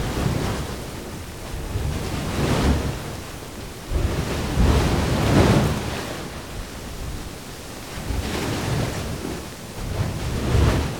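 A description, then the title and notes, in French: Outdoors on Ol Doinyo Lengai in Tanzania, a constant rushing roar fills the scene, heavy in low rumble with a hiss above. It swells in gusty surges about every two to three seconds, strongest near four to six seconds, like wind buffeting the microphone. Ol Doinyo Lengai - Tanzanie - Nagra AresBB - stéréo mkh40. Nous ne sommes pas au bord de la mer, mais à plus de deux mille mètres d'altitude au sommet d'un volcan presque unique au monde. Sa lave n'est pas constituée de silice comme les autres volcans mais de carbonatite qui rend son épanchement liquide et fluide.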